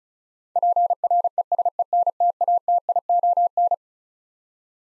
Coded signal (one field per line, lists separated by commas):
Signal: Morse code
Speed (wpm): 36 wpm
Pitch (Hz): 700 Hz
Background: none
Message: PRESENTATION